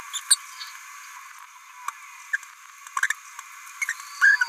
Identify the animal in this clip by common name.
Green-rumped Parrotlet